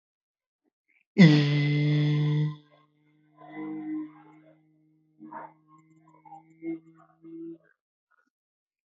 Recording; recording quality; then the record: sustained vowel as in beet; excellent, no background noise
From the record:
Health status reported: respiratory illness, not identified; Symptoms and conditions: asthma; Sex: male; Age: 21 years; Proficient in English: yes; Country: India